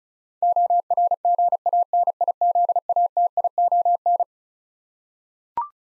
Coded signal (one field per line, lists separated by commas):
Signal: Morse code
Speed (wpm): 36 wpm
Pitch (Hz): 700 Hz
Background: none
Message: ORGANIZATION